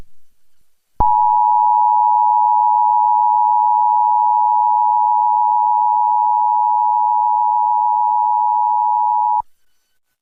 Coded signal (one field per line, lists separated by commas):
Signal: Emergency Alert System (SAME) tones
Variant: 853 and 960 Hz attention tone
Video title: EAS Mock: Another Michigan EAS Test (Requested)